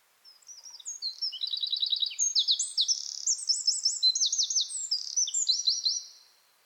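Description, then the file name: Eurasian wren delivering a vigorous high song of about six seconds, with rapid rattling trills and sharp ringing notes tumbling together. "Troglodytes troglodytes"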